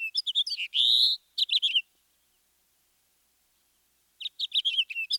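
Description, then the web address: House finch song in two bursts: quick chirpy warbled notes with a longer buzzy note, a pause of about two seconds, then another jumbled twittering phrase. "Peterson Guides. House Finch"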